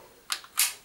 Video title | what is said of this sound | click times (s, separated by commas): How To MAKE a super fast broadband cable for VDSL and FTTC BT Infinity | if you put it back a little bit then you will see that can you see it clips into place yeah | 0.3 s, 0.6 s